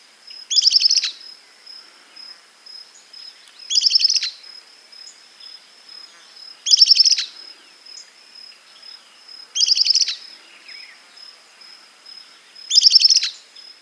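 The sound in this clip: Bird call: a buzzy, trilling burst repeated about every three seconds, with a thin steady high tone sounding between the bursts.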